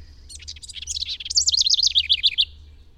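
Bird song: a single high phrase of quick ticking notes that runs into a fast, wavering zigzag trill, lasting about two seconds over faint low background noise.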